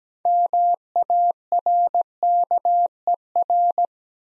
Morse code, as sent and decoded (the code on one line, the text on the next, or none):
-- .- .-. -.- . .-.
MARKER